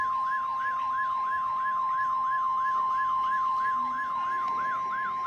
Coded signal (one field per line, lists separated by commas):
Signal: Emergency Alert System (SAME) tones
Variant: 1050 Hz attention tone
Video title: EAS/NWR Alert or message #908-909: Required Weekly Test #4